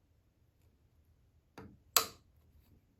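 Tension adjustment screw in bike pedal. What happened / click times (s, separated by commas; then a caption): The adjustment screw clicked into its next detent / 1.6 s, 2.0 s. An Allen key turns the spring tension screw in a clipless bike pedal, and two sharp clicks are heard at 1.6 and 2.0 seconds, the second much louder and brighter. The screw clicks into its next detent position, which keeps it from coming loose over time.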